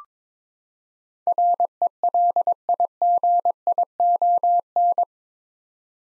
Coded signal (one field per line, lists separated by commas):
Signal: Morse code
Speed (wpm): 22 wpm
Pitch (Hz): 700 Hz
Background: none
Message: RELIGION